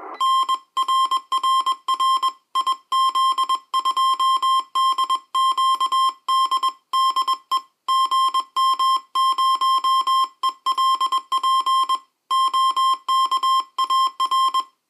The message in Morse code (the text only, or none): N RRR IZ2DQD DE GM0ELP OKAR